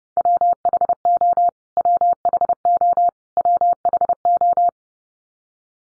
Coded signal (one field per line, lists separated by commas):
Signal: Morse code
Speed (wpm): 30 wpm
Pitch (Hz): 700 Hz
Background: none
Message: WHO WHO WHO